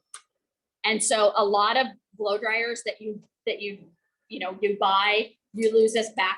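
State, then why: Seated. The removable rear filter cover of a hair dryer is pressed back onto the dryer body, and a single sharp click at 0.1 s shows it has seated. Someone then talks.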